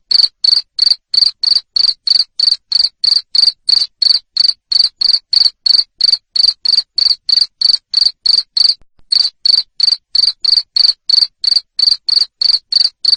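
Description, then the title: Cricket chirping in a steady train of short, high-pitched pulses, about three each second, with one brief pause. Loud cricket chirping, played to make lovebirds keep singing. "Suara JANGKRIK NGERIK Keras Bikin LOVEBIRD Jadi NGEKEK Terus"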